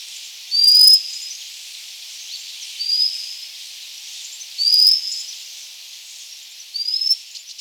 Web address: white capped river chat call